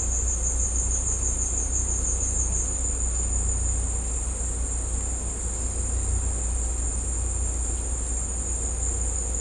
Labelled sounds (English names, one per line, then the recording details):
none
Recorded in secondary vegetation near Puerto Asís, Putumayo, Colombia, on 16 December 2024 at 15:00
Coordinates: 0.502, -76.326
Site G028